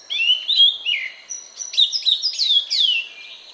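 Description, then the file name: Sanma song: clear, high whistled phrases that slur downward, given in a lively string of varied notes with hardly a pause. Male sanma teaching its young to sing. "suara sanma jantan saat mengajari anaknya berkicau"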